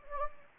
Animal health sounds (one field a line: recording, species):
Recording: mosquito wingbeat signal from an infrared sensor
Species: Anopheles gambiae